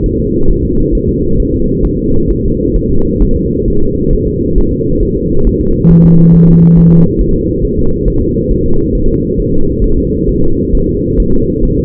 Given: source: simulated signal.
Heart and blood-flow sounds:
fetal heart sounds
0.06 s: S1
0.20 s: S2
0.51 s: S1
0.65 s: S2
0.95 s: S1
1.09 s: S2
1.40 s: S1
1.54 s: S2
1.85 s: S1
1.99 s: S2
2.31 s: S1
2.45 s: S2
2.77 s: S1
2.91 s: S2
3.22 s: S1
3.37 s: S2
3.68 s: S1
3.82 s: S2
4.13 s: S1
4.28 s: S2
4.58 s: S1
4.72 s: S2
5.03 s: S1
5.17 s: S2
5.47 s: S1
5.61 s: S2
5.91 s: S1
6.05 s: S2
6.35 s: S1
6.49 s: S2
6.78 s: S1
6.92 s: S2
7.21 s: S1
7.35 s: S2
7.65 s: S1
7.79 s: S2
8.08 s: S1
8.22 s: S2
8.51 s: S1
8.66 s: S2
8.95 s: S1
9.09 s: S2
9.40 s: S1
9.54 s: S2
9.84 s: S1
9.98 s: S2
10.29 s: S1
10.44 s: S2
10.75 s: S1
10.89 s: S2
11.20 s: S1
11.34 s: S2
11.65 s: S1
11.79 s: S2
From the record:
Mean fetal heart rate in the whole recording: 135 bpm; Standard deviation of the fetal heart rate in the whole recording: 3 bpm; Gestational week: 36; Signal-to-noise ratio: -17.7 dB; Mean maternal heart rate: 72 bpm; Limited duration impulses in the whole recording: present

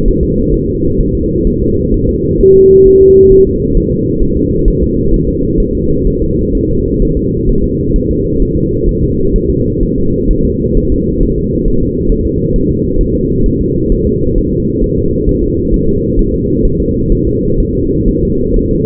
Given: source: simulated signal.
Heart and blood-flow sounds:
fetal heart sounds
0.08 s: S1
0.23 s: S2
0.54 s: S1
0.69 s: S2
1.00 s: S1
1.15 s: S2
1.47 s: S1
1.62 s: S2
1.94 s: S1
2.09 s: S2
2.41 s: S1
2.55 s: S2
2.87 s: S1
3.01 s: S2
3.32 s: S1
3.47 s: S2
3.77 s: S1
3.92 s: S2
4.23 s: S1
4.37 s: S2
4.68 s: S1
4.83 s: S2
5.14 s: S1
5.28 s: S2
5.60 s: S1
5.75 s: S2
6.07 s: S1
6.22 s: S2
6.55 s: S1
6.70 s: S2
7.02 s: S1
7.17 s: S2
7.49 s: S1
7.64 s: S2
7.96 s: S1
8.11 s: S2
8.42 s: S1
8.57 s: S2
8.89 s: S1
9.03 s: S2
9.36 s: S1
9.50 s: S2
9.83 s: S1
9.98 s: S2
10.31 s: S1
10.45 s: S2
10.77 s: S1
10.92 s: S2
11.23 s: S1
11.38 s: S2
11.68 s: S1
11.83 s: S2
12.12 s: S1
12.27 s: S2
12.56 s: S1
12.71 s: S2
13.01 s: S1
13.15 s: S2
13.46 s: S1
13.61 s: S2
13.92 s: S1
14.07 s: S2
14.38 s: S1
14.53 s: S2
14.84 s: S1
14.99 s: S2
15.29 s: S1
15.44 s: S2
15.74 s: S1
15.89 s: S2
16.19 s: S1
16.34 s: S2
16.65 s: S1
16.80 s: S2
17.12 s: S1
17.27 s: S2
17.60 s: S1
17.75 s: S2
18.08 s: S1
18.23 s: S2
18.56 s: S1
18.71 s: S2
From the record:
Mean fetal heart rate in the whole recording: 130 bpm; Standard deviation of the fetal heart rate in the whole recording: 4 bpm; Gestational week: 38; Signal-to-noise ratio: -15.3 dB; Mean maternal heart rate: 72 bpm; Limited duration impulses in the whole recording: present

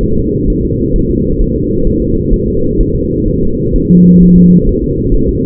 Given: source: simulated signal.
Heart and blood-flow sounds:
fetal heart sounds
0.04 s: S1
0.18 s: S2
0.50 s: S1
0.65 s: S2
0.96 s: S1
1.11 s: S2
1.42 s: S1
1.56 s: S2
1.87 s: S1
2.02 s: S2
2.34 s: S1
2.48 s: S2
2.81 s: S1
2.95 s: S2
3.28 s: S1
3.43 s: S2
3.76 s: S1
3.91 s: S2
4.23 s: S1
4.38 s: S2
4.69 s: S1
4.84 s: S2
5.14 s: S1
5.29 s: S2
From the record:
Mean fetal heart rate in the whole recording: 130 bpm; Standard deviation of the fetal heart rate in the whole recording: 4 bpm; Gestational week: 38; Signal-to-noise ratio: -15.3 dB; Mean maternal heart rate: 72 bpm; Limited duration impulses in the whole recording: present

